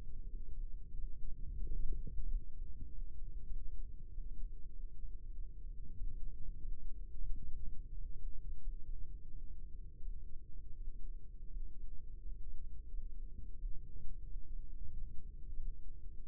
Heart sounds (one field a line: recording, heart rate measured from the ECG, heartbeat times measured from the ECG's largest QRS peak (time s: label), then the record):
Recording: heart sounds by microphone in the right ear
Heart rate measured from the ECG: 90 bpm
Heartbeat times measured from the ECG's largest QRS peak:
0.26 s: heartbeat
0.93 s: heartbeat
1.60 s: heartbeat
2.24 s: heartbeat
2.87 s: heartbeat
3.49 s: heartbeat
4.09 s: heartbeat
4.68 s: heartbeat
5.30 s: heartbeat
5.92 s: heartbeat
6.57 s: heartbeat
7.23 s: heartbeat
7.90 s: heartbeat
8.58 s: heartbeat
9.27 s: heartbeat
9.99 s: heartbeat
10.73 s: heartbeat
11.46 s: heartbeat
12.16 s: heartbeat
12.85 s: heartbeat
13.54 s: heartbeat
14.22 s: heartbeat
14.89 s: heartbeat
15.55 s: heartbeat
16.23 s: heartbeat
From the record:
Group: healthy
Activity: rest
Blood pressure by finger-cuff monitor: 102/59 mmHg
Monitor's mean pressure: 72 mmHg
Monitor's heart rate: 90 bpm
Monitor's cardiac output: 6.7 L/min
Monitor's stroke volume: 76 mL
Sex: male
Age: 22 years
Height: 181 cm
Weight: 60 kg